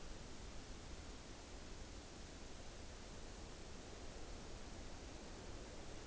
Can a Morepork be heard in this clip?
no